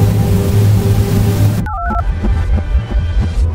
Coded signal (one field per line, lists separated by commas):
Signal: DTMF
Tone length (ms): 50 ms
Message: 98232